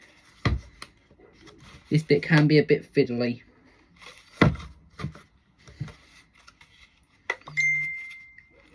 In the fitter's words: you press until you hear a click making sure it's all pushed in properly